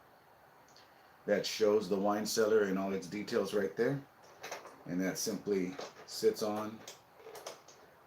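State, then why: Seated. A removable black back wall section of a plastic building-brick model is set onto the build and pressed down until it snaps into place. Someone talks throughout, and a short, sharp click at 7.5 s marks the panel seating.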